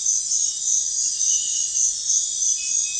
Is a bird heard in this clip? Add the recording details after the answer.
no. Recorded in pastures near Puerto Asís, Putumayo, Colombia, on 4 March 2025 at 04:00. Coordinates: 0.502, -76.324. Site GP07